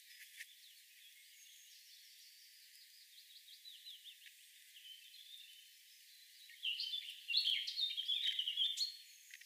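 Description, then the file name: Eurasian blackcap song: quiet, scratchy warbling at first, then a louder burst of quick twittering and whistled phrases near the end, with a faint steady hiss throughout. "Sylvia atricapilla"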